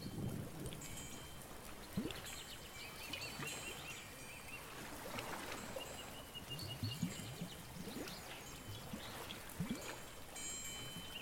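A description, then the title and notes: A day at the beach: steady wash of water with scattered thumps, thin bird chirps and high ringing chime tones recurring throughout. A day at the beach, with birds, chimes, bells.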